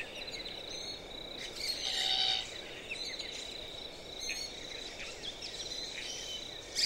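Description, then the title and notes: Glossy black cockatoo: one soft, rasping creak lasting under a second near the two-second mark, with constant crickets and faint bird chirps around it. Adult female with her young, softly singing and hauntingly creaking in coastal She-oaks as light fades; autumn afternoon, 31 March 2015; marshy woodland by Durras Lake, Murramarang National Park, NSW, Australia. "Autumn Afternoon In The Marshy Woodlands By Durras Lake. Underneath the still, coastal She-oaks an adult Glossy Black Cockatoo and her young softly sing and hauntingly creak as the light begins to fade"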